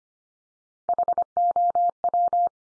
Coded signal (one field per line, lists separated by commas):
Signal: Morse code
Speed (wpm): 25 wpm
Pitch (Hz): 700 Hz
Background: none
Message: HOW